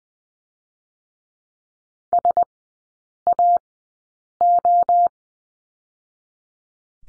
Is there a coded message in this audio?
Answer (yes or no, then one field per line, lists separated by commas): yes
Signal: Morse code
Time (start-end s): 2.1-5.1 s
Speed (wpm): 19 wpm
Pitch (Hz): 700 Hz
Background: none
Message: S A O